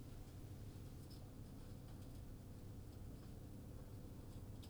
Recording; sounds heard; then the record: poultry house recording; no chicken sound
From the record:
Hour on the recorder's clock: 18